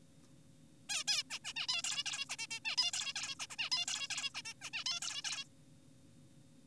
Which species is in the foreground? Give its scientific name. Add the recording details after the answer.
Taeniopygia guttata. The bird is an adult. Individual g4p5U